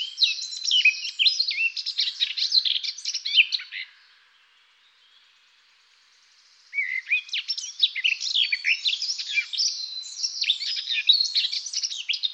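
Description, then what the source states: Eurasian blackcap song: two bursts of fast, scratchy, varied warbling, separated by a few seconds of silence. Songbird recorded in Germany, Austria or Switzerland.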